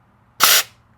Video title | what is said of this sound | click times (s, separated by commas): Ferrari 456 Major Service - Intake Removal & Valve Adjustment | If you guys heard that pop right there, that was the shim coming loose. | 0.4 s